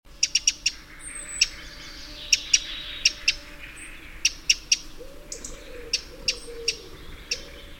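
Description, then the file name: Eurasian wren calling: sharp, dry ticking notes, some in quick doubles or triples, repeated irregularly over a steady low hum with faint tonal sounds. "Troglodytes troglodytes"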